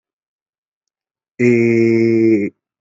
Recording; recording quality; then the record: sustained vowel as in made; excellent, no background noise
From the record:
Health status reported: exposed to COVID-19, no respiratory illness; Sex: male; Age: 26 years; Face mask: not worn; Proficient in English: yes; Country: India